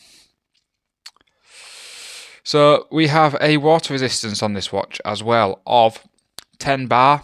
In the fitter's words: they really are and it clicks into place absolutely beautiful